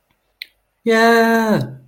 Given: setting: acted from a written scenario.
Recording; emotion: vocal sound without words; elation